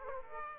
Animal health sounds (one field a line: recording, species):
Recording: mosquito wingbeat signal from an infrared sensor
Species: Aedes aegypti